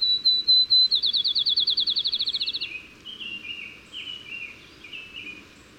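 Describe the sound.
Bird song opening with a few high whistled notes, breaking into a fast rattling trill, then a softer run of twittering chirps.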